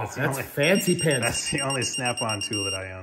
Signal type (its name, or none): none